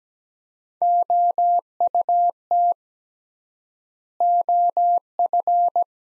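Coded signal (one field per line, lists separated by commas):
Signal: Morse code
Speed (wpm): 17 wpm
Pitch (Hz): 700 Hz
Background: none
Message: OUT OF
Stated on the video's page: Morse practice of three-word sets at 17 wpm with 3x word spacing, Farnsworth-like; each sent, then spoken, then sent again.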